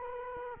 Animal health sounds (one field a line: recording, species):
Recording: mosquito wingbeat signal from an infrared sensor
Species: Culex quinquefasciatus